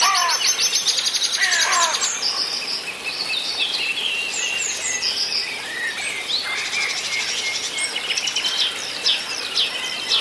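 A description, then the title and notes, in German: Morning birdsong fills the air by a pond, several birds chirping and trilling at once in a dense, bright chorus. A busy burst of rapid calls opens the first two seconds, then the singing carries on steadily over a soft, even outdoor hiss. Morgenstimmung am Reinheimer Teich. 15 Minuten Naturgeräusche ohne Kommentar.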